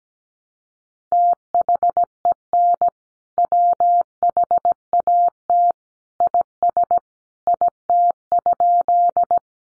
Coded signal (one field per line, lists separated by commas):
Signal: Morse code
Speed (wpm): 17 wpm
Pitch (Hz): 700 Hz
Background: none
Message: THEN WHAT IS IT?